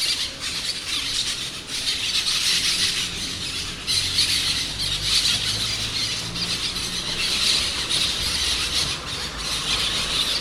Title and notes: Cotorra Cara Sucia by Kellyn Parra Garcia